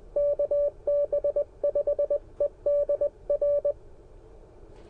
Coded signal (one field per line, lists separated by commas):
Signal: Morse code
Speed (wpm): 20 wpm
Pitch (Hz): 580 Hz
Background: none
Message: KB5EDR